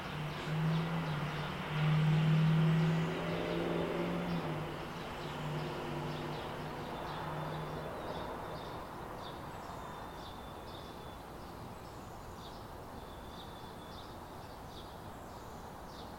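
In a backyard, a low engine drone swells near the start and fades by eight seconds while brief bird chirps repeat throughout.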